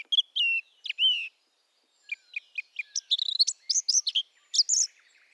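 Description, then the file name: Eurasian blackcap giving a few sweet whistled notes, then a rapid, rising warble of bright chirps and twitters. "Sylvia atricapilla"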